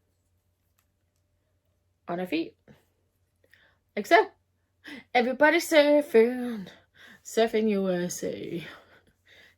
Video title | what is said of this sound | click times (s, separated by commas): OFFICIAL LEGO CITY FIGURE SET BUILD | now all the surfboard no it won't but we can just stand here there can't we but the surfboard won't click in | none